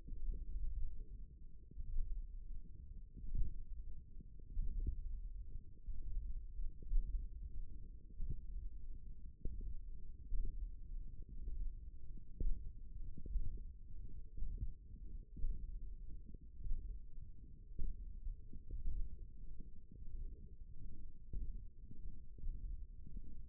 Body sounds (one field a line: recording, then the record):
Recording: forearm muscle sounds (acoustic myography)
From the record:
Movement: radial deviation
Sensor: system 1, eight BSWA MPA416 microphones around the upper forearm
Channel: 2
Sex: male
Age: 18 years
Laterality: right